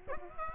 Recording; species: mosquito wingbeat signal from an infrared sensor; Aedes aegypti